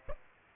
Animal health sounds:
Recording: mosquito wingbeat signal from an infrared sensor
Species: Aedes aegypti

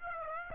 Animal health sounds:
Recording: mosquito wingbeat signal from an infrared sensor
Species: Aedes aegypti

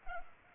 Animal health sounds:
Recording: mosquito wingbeat signal from an infrared sensor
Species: Culex pipiens

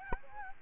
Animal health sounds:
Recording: mosquito wingbeat signal from an infrared sensor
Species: Aedes albopictus

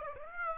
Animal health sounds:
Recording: mosquito wingbeat signal from an infrared sensor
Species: Aedes aegypti

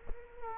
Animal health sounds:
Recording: mosquito wingbeat signal from an infrared sensor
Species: Culex quinquefasciatus

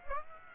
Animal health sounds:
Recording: mosquito wingbeat signal from an infrared sensor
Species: Aedes aegypti

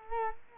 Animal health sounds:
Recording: mosquito wingbeat signal from an infrared sensor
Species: Culex quinquefasciatus

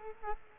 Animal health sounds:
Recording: mosquito wingbeat signal from an infrared sensor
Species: Culex quinquefasciatus

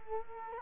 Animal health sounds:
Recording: mosquito wingbeat signal from an infrared sensor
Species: Culex quinquefasciatus

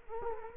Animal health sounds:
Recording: mosquito wingbeat signal from an infrared sensor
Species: Culex quinquefasciatus

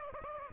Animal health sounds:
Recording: mosquito wingbeat signal from an infrared sensor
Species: Aedes aegypti

